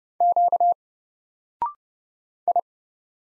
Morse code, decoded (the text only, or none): Q I